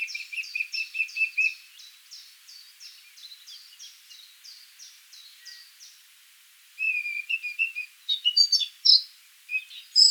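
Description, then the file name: Eurasian blackcap song: a steady series of short repeated notes for several seconds, followed by bursts of loud, varied whistled warbling. "Sylvia atricapilla"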